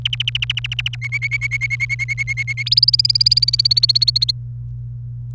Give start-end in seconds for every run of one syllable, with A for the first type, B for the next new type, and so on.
0.05-0.95 A, 1.02-2.63 B, 2.66-4.31 C